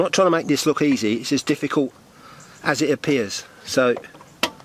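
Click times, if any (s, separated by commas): 4.4 s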